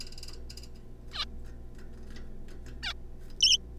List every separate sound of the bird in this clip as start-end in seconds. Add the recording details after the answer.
1.11-1.25, 2.83-2.93, 3.40-3.57. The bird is a juvenile. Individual R3549